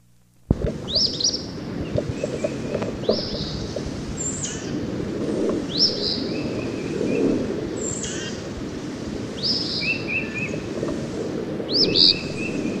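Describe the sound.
Eastern phoebe with repeated brisk buzzy phrases, some trailed by lower short notes, above steady rushing noise.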